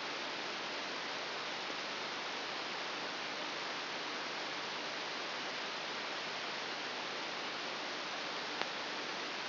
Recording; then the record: brain microelectrode recording played as sound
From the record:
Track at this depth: inside the subthalamic nucleus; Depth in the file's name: 0.609 mm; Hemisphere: right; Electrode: 3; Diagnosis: Parkinson's disease